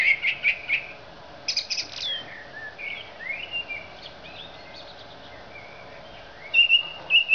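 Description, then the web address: Thrush song: varied phrases, from crisp repeated clicks and short trills to softer warbling notes, ending in a quick series of bright repeated whistles. "Zingende lijster"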